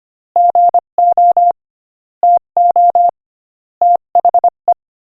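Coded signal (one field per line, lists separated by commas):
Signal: Morse code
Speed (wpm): 24 wpm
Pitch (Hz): 700 Hz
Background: none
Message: GO TO THE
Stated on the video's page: Morse code listening practice at 25 wpm, text of a joke.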